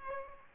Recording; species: mosquito wingbeat signal from an infrared sensor; Aedes aegypti